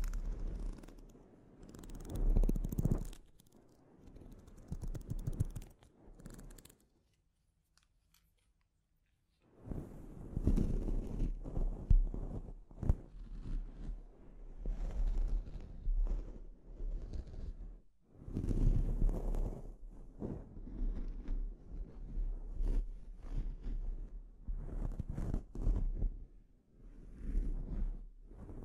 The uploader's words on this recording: ASMR Sleep Inducing Scalp Treatment (No Talking).